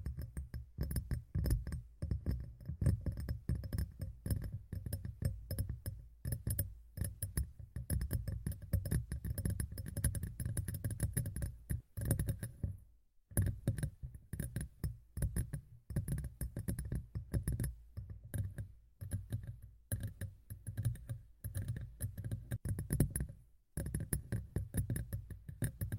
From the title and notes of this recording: ASMR Tapping in Your Ear (No Talking).